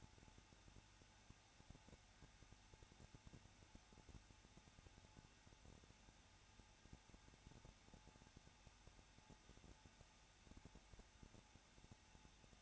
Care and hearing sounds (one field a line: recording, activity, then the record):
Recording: daily activity, microphone in the room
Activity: no activity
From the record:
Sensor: 2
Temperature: 21.0 degrees Celsius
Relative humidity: 34.3%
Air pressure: 994.3 hPa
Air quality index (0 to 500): 173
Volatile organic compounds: 3 ppm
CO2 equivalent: 1341 ppm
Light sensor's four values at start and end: 2/3/2/2 and 2/3/2/2